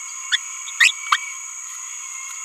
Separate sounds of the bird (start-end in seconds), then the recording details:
0.32-0.36, 0.81-0.91, 1.12-1.16. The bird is a male. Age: 27 days. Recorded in a nest box in Venezuela. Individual 17B31A2